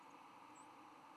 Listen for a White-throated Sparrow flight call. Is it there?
no